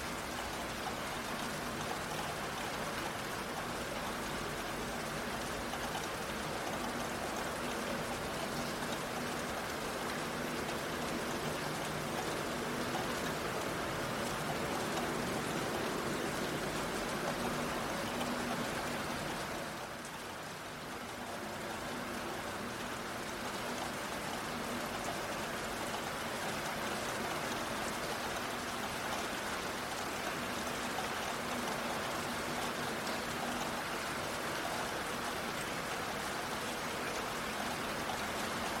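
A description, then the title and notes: Heavy rain pours down in a dense, unbroken hiss that fills everything from low rumble to bright spatter. A faint steady hum, like an idling vehicle, sits underneath. Around the twenty-second mark the downpour briefly softens before returning to full strength. Urban Rainfall Symphony: Heavy Rain City Sounds for Relaxation and Ambience.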